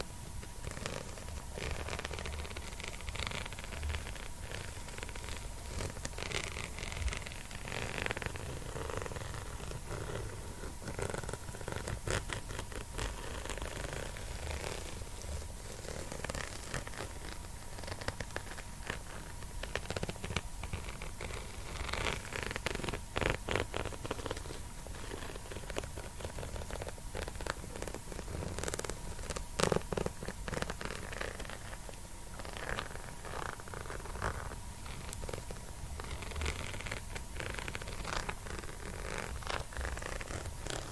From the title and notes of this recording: ASMR comforting you after a bad day personal attention, face brushing, hair combing.